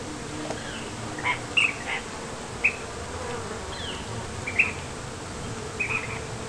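Ash-throated flycatcher giving short, burry call notes, single and doubled, scattered irregularly over a steady low hiss and faint hum.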